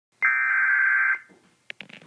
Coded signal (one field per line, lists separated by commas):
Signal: Emergency Alert System (SAME) tones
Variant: header bursts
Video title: EAS 1180 FLW NWS Jackson